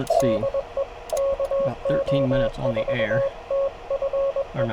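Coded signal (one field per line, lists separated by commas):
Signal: Morse code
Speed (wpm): 22 wpm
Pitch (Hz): 1100 Hz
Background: speech, radio noise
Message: DE KO4TFE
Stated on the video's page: Morse sent with a straight key during a park activation, with poor band conditions and a compromised antenna.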